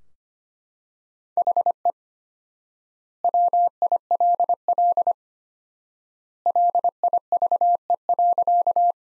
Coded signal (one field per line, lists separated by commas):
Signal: Morse code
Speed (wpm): 25 wpm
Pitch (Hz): 700 Hz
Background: none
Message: HE WILL LIVE.